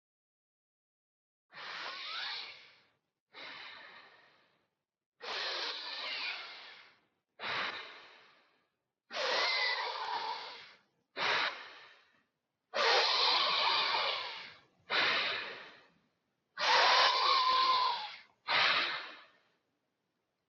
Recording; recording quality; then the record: deep breathing; excellent, no background noise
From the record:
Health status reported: healthy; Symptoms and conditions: none ticked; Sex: male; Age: 28 years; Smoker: not ticked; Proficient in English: yes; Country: India